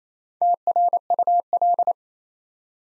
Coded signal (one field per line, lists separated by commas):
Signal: Morse code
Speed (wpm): 29 wpm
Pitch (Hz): 700 Hz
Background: none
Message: TRUL